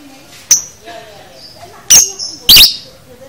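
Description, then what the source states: Lovebird giving a sharp chip, soft warbling notes, then two loud, harsh screeches in quick succession. Masteran (training audio) for teaching a lovebird the konslet chatter style.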